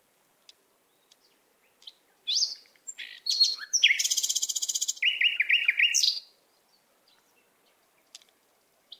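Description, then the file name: Canary: small bird, likely a canary, singing whistled notes into a very fast buzzy trill, then a string of repeated chirps before falling quiet. "Canary Voice"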